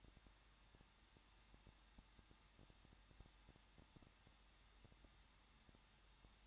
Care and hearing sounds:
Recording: daily activity, microphone in the room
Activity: no activity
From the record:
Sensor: 3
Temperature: 21.2 degrees Celsius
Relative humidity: 36.2%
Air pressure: 1006.4 hPa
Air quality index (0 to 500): 221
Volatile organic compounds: 39 ppm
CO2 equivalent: 3136 ppm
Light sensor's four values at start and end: 2/3/2/2 and 2/3/2/2

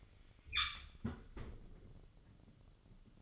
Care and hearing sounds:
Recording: daily activity, microphone in the room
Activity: close fridge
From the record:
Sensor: 4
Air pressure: 1008.6 hPa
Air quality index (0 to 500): 73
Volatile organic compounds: 1 ppm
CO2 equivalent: 628 ppm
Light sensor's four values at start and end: 11/25/10/10 and 12/28/11/12

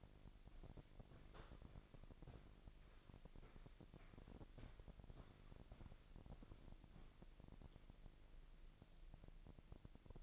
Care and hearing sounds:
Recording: daily activity, microphone in the room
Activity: walk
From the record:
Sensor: 5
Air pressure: 1001.8 hPa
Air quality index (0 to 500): 184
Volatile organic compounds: 12 ppm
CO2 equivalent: 2365 ppm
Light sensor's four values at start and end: 32/106/40/43 and 32/106/40/43

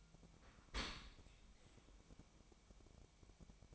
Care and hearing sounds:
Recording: daily activity, microphone in the room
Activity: open dishwasher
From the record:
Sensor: 1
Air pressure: 1003.2 hPa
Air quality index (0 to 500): 196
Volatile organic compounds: 6 ppm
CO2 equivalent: 1872 ppm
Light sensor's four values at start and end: 29/72/31/37 and 29/72/31/37

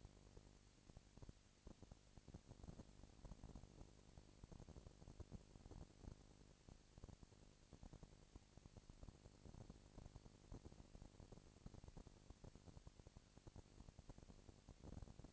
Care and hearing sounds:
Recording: daily activity, microphone in the room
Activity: no activity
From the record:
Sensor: 5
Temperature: 20.1 degrees Celsius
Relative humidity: 38.2%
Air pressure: 998.9 hPa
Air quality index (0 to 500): 218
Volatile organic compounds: 24 ppm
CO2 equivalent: 2805 ppm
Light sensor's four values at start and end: 2/3/1/1 and 2/3/1/1

